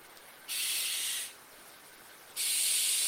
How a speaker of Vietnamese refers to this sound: Tiếng con chim lợn vang lên đột ngột cắt ngang cuộc tranh cãi, khiến cho tất thảy im lặng.